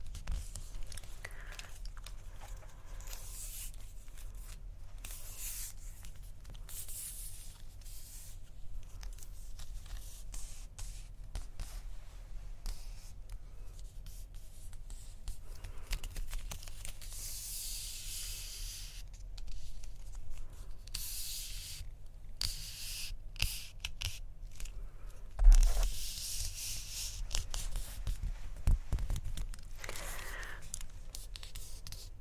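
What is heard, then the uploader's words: Quiet personal attention sounds: soft plucking, light brushing and tracing strokes against a low, steady hum. Bursts of crisp, hissy scraping come and go every few seconds, with a sharper tap near twenty-five seconds. ASMR 10 Personal Attention Triggers Plucking, Face Touching, Tracing.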